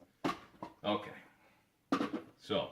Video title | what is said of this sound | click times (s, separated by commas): NINJA COFFEE BAR CF087 PRODUCT REVIEW | And then one little click and it's in. | 0.6 s